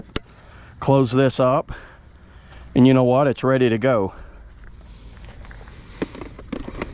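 Someone talks while handling the emptied, closed plastic dust cup of a pet grooming vacuum before sliding it back into the vacuum body, with a sharp knock near 0.2 s and small knocks around 6.0 s and 6.8 s. The clip ends before the dust cup goes home, and nothing has seated or clicked yet.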